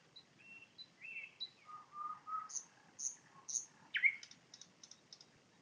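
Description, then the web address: Nightingale song: varied clear whistles at shifting pitches, then a loud rising note followed by a quick run of repeated short notes. Recorded with a parabolic microphone in Poland. "nagranie na paraboloid spiew slowika"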